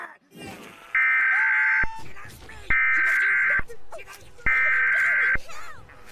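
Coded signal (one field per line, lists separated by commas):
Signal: Emergency Alert System (SAME) tones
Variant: header bursts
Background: speech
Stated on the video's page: Fan-made mock EAS tornado warning interrupting a Cartoon Network show.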